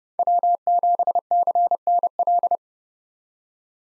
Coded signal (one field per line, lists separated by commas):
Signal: Morse code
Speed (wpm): 29 wpm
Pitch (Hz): 700 Hz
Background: none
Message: W7CNL